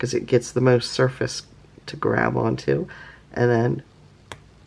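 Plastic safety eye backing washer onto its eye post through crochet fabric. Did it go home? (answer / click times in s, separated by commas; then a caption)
yes / 4.3 s. A flared plastic backing washer is pushed onto the shank of a plastic safety eye through a crocheted amigurumi piece while someone talks. A sharp snap at 4.3 s marks the washer seating onto the eye post, and it is then tugged to check that it holds.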